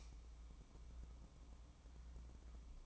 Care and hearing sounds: daily activity, microphone in the room; light on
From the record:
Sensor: 1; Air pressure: 1007.9 hPa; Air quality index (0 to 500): 117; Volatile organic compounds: 2 ppm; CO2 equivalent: 993 ppm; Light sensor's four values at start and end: 10/25/10/11 and 20/62/25/26

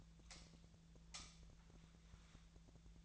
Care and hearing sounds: daily activity, microphone in the room; light off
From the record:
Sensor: 3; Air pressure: 1009.7 hPa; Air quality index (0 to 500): 191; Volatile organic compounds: 15 ppm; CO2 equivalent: 2482 ppm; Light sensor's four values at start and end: 45/118/50/51 and 38/95/41/43

